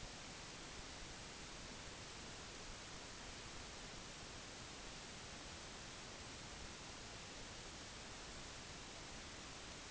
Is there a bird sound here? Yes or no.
no